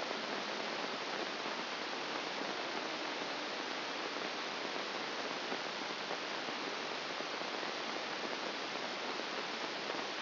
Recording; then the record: brain microelectrode recording played as sound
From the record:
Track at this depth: inside the subthalamic nucleus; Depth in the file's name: 1.705 mm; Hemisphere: left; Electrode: 2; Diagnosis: Parkinson's disease